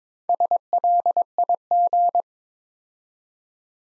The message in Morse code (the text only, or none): SLIG